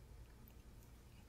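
A fiber optic (TOSLINK) cable plug, caps removed, is handled at the optical input on the back of a powered Fluance Ai41 bookshelf speaker. Only a low, steady rumble and a faint brief tick at 0.5 s are heard. Nothing has seated or clicked into place yet.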